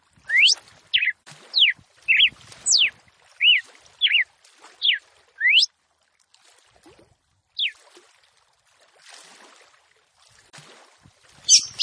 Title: CANTO DA FÊ MEA GALO CAMPINA FOGOSA LEVANTA FOGOESQUENTA GALO CAMPINA MACHO RAPIDINHO FÊ MEA NERVOSA